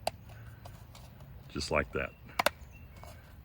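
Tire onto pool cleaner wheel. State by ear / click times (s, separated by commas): seated / 2.4 s, 2.5 s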